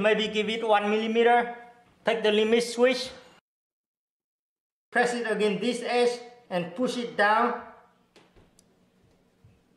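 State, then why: Seated. Someone talks while a microswitch limit switch is pressed against the edge of the Y-axis frame on a 3018 CNC/PRO and pushed down. After the talking stops, a faint tap is heard at 8.2 s, then the switch lever actuates with a small, sharp click at 8.6 s, seating it in position to be held for hot-gluing.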